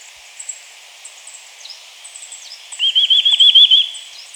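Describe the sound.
Chestnut-vented nuthatch song: a quick run of about eight similar whistled notes, preceded by scattered faint high chirps.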